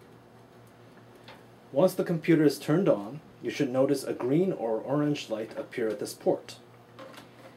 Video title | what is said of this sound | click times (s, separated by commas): How to connect your computer | push the cable in until you hear a click | 1.3 s